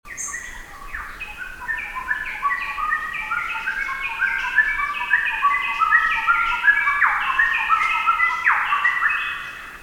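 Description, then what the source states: Kookaburra chorus: loud, rollicking cackles and hoots that overlap and build in intensity, with several birds laughing together before fading at the end. Recorded at Carrai.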